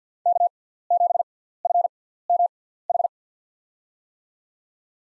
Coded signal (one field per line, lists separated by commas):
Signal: Morse code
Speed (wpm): 50 wpm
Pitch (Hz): 700 Hz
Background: none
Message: K7FMH